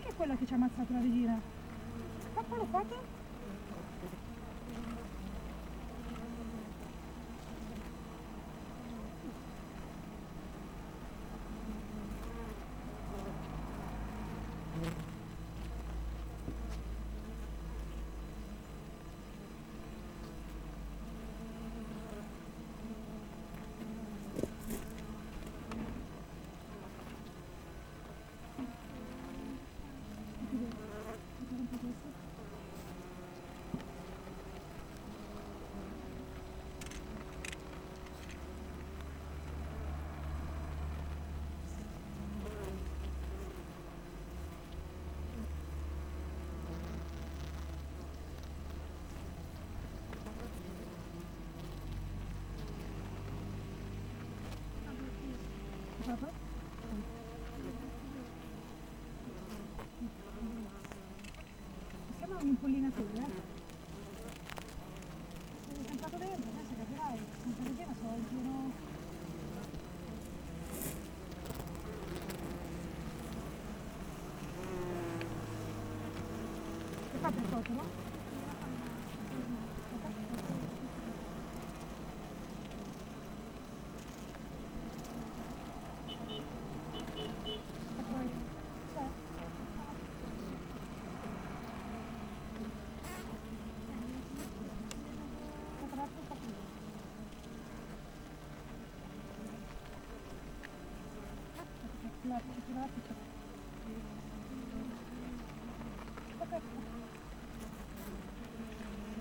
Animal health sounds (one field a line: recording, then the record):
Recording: honeybee colony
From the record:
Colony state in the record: missing queen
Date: 14 July 2017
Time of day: 7:26